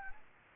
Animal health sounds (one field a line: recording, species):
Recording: mosquito wingbeat signal from an infrared sensor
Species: Anopheles arabiensis